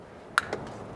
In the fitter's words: and just snaps right in